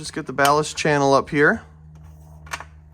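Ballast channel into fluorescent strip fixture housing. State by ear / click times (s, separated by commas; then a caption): not seated / none. Someone talks while handling the metal ballast channel of a white Lampi Mini 18 watt preheat fluorescent strip light fixture, bringing it up toward the fixture housing, followed by a few brief handling ticks around 2.5 seconds. The channel is handled but not yet home; nothing has seated or clicked yet.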